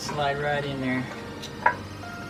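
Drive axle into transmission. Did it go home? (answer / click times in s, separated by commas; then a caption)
yes / 1.7 s. A drive axle shaft on a Hyundai Veloster Turbo is pushed into the transmission, with a final push seating it fully. Someone talks over the work. A sharp click sounds at 1.7 s as the axle seats all the way in.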